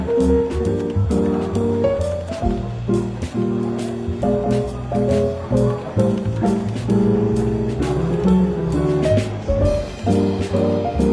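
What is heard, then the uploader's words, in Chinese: Soft, relaxed jazz plays through a bookshop café's light bustle, with warm low chords and a steady walking bass holding throughout. Bright ticks land regularly, about twice a second, over a low murmur that never drops away. 伦敦书店咖啡馆轻微喧闹氛围与柔和轻松的爵士背景音乐。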